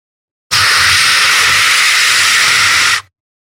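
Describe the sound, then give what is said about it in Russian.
A man puffs out his cheeks and imitates a tyre going flat: one loud, steady hiss lasting about two and a half seconds, starting and stopping abruptly, with no talking. “Он надувает свои небритые щеки, теперь вспотевшие, и издает звук спущенной шины.”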